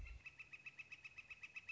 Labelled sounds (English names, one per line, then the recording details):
Northern Flicker
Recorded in Sonoma County, California